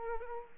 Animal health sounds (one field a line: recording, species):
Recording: mosquito wingbeat signal from an infrared sensor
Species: Aedes aegypti